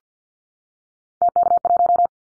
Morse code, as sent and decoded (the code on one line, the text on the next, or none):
- -.- .----
TK1